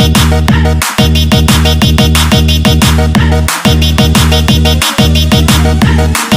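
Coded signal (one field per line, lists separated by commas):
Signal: none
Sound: electronic music beeps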